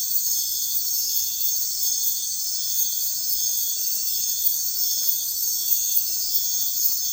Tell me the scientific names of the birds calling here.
none